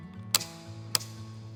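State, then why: Seated. A locking fuel cap is screwed onto a diesel heater fuel tank, clicking like a car gas cap at 0.4 s and again at 1.0 s as it seals the tank shut. The two sharp clicks rise over a steady low hum.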